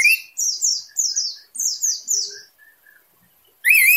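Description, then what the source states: Orange-headed thrush song: a series of high, downslurred whistled notes in quick succession, a short quiet gap, then a loud, sharp rising note at the end. Singing in teler style, described as gacor and dor, actively and loudly singing.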